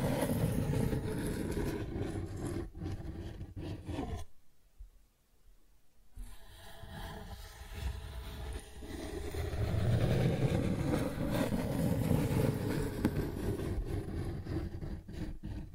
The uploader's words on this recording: ASMR Cardboard Scratching, Tracing, Tearing (No Talking).